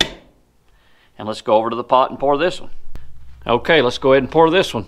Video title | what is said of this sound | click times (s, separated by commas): Do It Freestyle Jig Mold - Tightline Jig Head - Do-It Molds - Tackle Making | all right again just want to make sure you hear a good snap and | 0.0 s